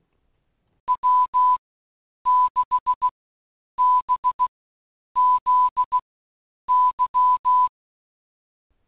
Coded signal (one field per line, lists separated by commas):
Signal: Morse code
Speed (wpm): 16 wpm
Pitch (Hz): 1000 Hz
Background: none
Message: W6BZY